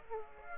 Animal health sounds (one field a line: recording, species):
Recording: mosquito wingbeat signal from an infrared sensor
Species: Aedes aegypti